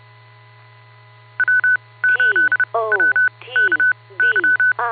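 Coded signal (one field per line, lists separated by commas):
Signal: Morse code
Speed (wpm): 30 wpm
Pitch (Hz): 1500 Hz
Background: speech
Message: W 8 W K Y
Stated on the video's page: 2 meter repeater net on 147.39+ with 114.8 PL, received on a Flex 6700 with preamp/power amp and Mosley 5/8 base antenna.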